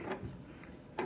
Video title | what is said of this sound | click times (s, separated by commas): Badge Maker Review and Demo - How to Make Custom Badges at Home | and it just pops right in there and it will not come out | 1.0 s